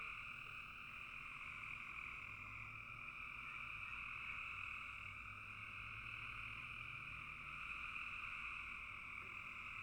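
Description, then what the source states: Frog chorus, a thick continuous rattling trill of overlapping callers, with a soft low hum drifting in and out. Frogs calling in a bog.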